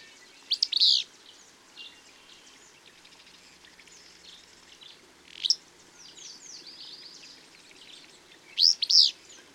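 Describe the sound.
Bird song: three loud, high chirp bursts spaced a few seconds apart, with faint twittering between them.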